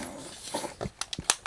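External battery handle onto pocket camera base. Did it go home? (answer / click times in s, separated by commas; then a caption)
yes / 1.3 s. An external battery handle for an Insta360 Luna Ultra pocket gimbal camera is lined up facing the right way and pushed onto the bottom of the camera, with faint handling rustle followed by a few short, sharp ticks. The loudest, sharpest click at 1.3 s is the handle seating in place, where it supplies extra power to the camera.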